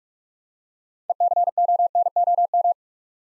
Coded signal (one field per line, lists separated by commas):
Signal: Morse code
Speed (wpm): 44 wpm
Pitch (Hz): 700 Hz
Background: none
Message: ECONOM